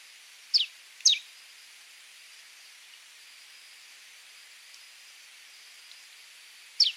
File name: Canto do soldado de crista vermelha